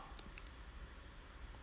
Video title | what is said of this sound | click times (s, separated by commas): Cheap fix for A/C and Heater door mode actuator | The actuator just clips back together. You'll hear it pop as | 0.2 s, 0.4 s